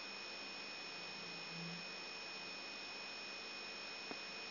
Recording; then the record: brain microelectrode recording played as sound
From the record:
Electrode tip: outside the subthalamic nucleus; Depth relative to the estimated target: -6 mm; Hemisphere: right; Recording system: AlphaMap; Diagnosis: Parkinson's disease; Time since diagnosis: 14 years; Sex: male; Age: 66 years